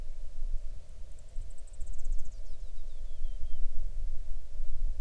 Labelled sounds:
songbird
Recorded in the Arctic National Wildlife Refuge, Alaska, on 6 July 2019 at 00:57
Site 39

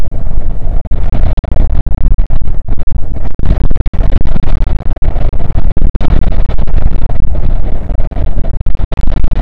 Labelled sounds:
wind
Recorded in the Arctic National Wildlife Refuge, Alaska, on 5 June 2019 at 00:01
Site 48

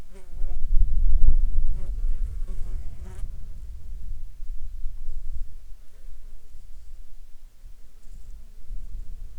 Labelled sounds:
wind
insects
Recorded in Ivvavik National Park, Yukon, on 12 July 2019 at 16:05
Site SINP03

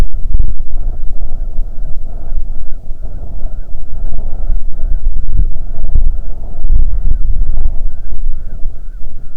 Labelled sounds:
bird
wind
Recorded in the Prudhoe Bay oil fields, Alaska, on 6 June 2019 at 03:33
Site 16

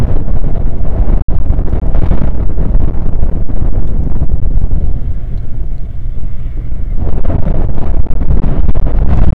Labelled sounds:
wind
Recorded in the Prudhoe Bay oil fields, Alaska, on 1 August 2019 at 02:03
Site 29

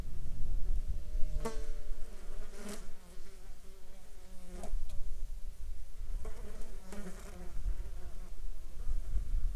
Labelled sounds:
insects
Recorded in Ivvavik National Park, Yukon, on 7 July 2019 at 11:54
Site SINP03

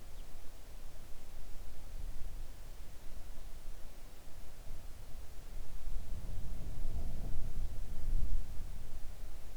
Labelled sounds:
wind
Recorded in the Arctic National Wildlife Refuge, Alaska, on 3 August 2019 at 05:19
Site 41

